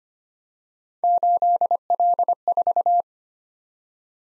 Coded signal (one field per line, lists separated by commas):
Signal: Morse code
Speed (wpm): 25 wpm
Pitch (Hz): 700 Hz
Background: none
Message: 8L4